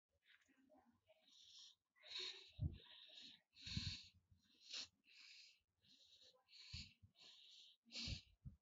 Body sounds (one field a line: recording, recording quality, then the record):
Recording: shallow breathing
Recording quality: excellent, no background noise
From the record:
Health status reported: respiratory illness, not identified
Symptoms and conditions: none ticked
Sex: female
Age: 24 years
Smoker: not ticked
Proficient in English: yes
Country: India